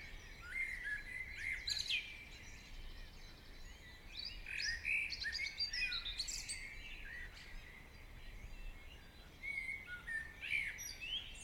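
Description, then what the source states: Birdsong from many singers, rapid high chirping and warbling phrases overlapping in waves, with a soft constant hiss underneath. Birds singing in the morning.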